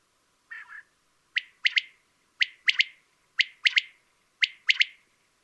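Common quail opening with a short rasping note, then four clear three-note phrases, each a single whip followed by a quick pair, spaced about a second apart.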